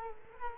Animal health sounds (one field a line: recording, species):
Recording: mosquito wingbeat signal from an infrared sensor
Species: Culex quinquefasciatus